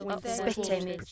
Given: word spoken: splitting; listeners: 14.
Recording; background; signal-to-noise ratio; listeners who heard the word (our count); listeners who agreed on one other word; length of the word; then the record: one English word in noise, from a listening test; four-talker babble; 0.2 dB; 0 of 14; 12 of 14; 0.72 s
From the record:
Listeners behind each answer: 12, 1, 1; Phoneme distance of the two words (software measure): 7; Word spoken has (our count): 2 syllables, 7 phonemes, stress on syllable 1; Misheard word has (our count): 2 syllables, 6 phonemes, stress on syllable 1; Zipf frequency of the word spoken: 3.69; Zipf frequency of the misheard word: 3.48